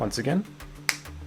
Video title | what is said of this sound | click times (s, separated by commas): The BEST 3D Printed Dungeon Tiles? | a nice audible snap you'll notice now these walls are sturdy | 0.9 s